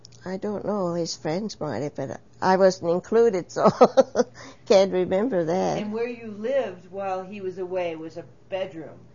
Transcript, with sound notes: I don't know, his friends might have but I wasn't included so (laughs) can't remember that.
And where you lived while he was away was a bedroom.